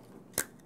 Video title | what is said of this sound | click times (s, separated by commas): Newegg TV: ZALMAN CNPS20LQ Ultimate Liquid CPU Cooler Overview | let me just pop off the protective cap there | 0.4 s